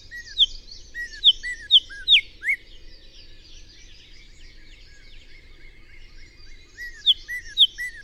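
Bird song beginning with several bright, descending chirps, then faint background twittering for several seconds before another short burst of similar chirps.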